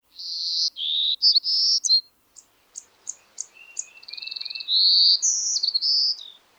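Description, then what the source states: Golden-cheeked Warbler song: high buzzy notes, a few spaced sharp notes, then more buzzy phrases ending lower. Nests only in central Texas.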